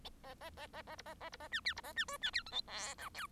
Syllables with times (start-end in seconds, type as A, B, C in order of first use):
0.23-0.34 A, 0.40-0.50 A, 0.56-0.67 A, 0.73-0.82 A, 0.87-0.96 A, 0.98-1.02 B, 1.05-1.14 A, 1.20-1.29 A, 1.32-1.37 B, 1.39-1.48 A, 1.51-1.60 C, 1.64-1.74 C, 1.76-1.81 B, 1.83-1.93 A, 1.96-2.05 C, 2.07-2.18 D, 2.21-2.31 C, 2.33-2.43 E, 2.46-2.51 F, 2.51-2.61 G, 2.67-2.94 H, 2.98-3.09 I, 3.14-3.27 J